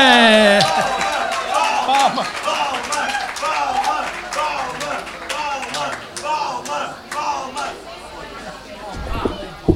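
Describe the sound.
An audience applauds, dense clapping running steadily for several seconds, mixed with loud cheering and overlapping voices, then thinning out toward the end. The applause is for a band performing a romantic ballad at a song festival.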